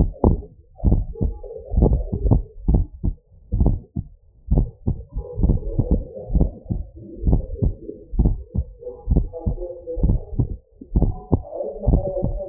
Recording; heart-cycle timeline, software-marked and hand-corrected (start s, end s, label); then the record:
heart sounds
0.00	0.07	S1
0.07	0.25	systole
0.25	0.39	S2
0.39	0.85	diastole
0.85	1.01	S1
1.01	1.23	systole
1.23	1.33	S2
1.33	1.79	diastole
1.79	1.97	S1
1.97	2.23	systole
2.23	2.33	S2
2.33	2.69	diastole
2.69	2.85	S1
2.85	3.05	systole
3.05	3.15	S2
3.15	3.59	diastole
3.59	3.75	S1
3.75	3.97	systole
3.97	4.05	S2
4.05	4.51	diastole
4.51	4.65	S1
4.65	4.87	systole
4.87	4.97	S2
4.97	5.43	diastole
5.43	5.57	S1
5.57	5.77	systole
5.77	5.87	S2
5.87	6.33	diastole
6.33	6.49	S1
6.49	6.71	systole
6.71	6.81	S2
6.81	7.27	diastole
7.27	7.41	S1
7.41	7.63	systole
7.63	7.73	S2
7.73	8.17	diastole
8.17	8.33	S1
8.33	8.55	systole
8.55	8.65	S2
8.65	9.11	diastole
9.11	9.25	S1
9.25	9.47	systole
9.47	9.57	S2
9.57	10.01	diastole
10.01	10.15	S1
10.15	10.37	systole
10.37	10.47	S2
10.47	10.95	diastole
10.95	11.11	S1
11.11	11.33	systole
11.33	11.43	S2
11.43	11.87	diastole
11.87	12.01	S1
12.01	12.25	systole
12.25	12.37	S2
12.37	12.49	diastole
From the record:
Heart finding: normal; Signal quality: good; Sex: male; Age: 74 years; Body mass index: 21.6